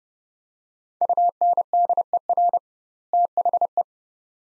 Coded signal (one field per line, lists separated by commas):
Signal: Morse code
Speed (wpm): 30 wpm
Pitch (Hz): 700 Hz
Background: none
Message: UNDER THE